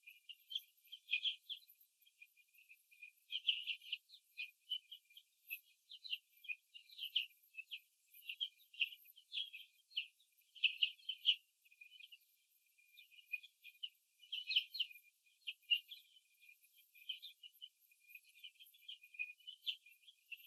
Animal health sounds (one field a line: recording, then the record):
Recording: young laying hens in a cage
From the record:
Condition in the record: before the stressor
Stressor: simulated dog barking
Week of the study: 2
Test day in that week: 3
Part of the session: 1